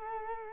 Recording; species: mosquito wingbeat signal from an infrared sensor; Culex quinquefasciatus